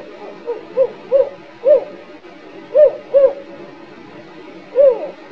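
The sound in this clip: Spotted owl giving a series of short, low, arched hoots in irregular pairs and singles over about five seconds, against a faint steady background hiss.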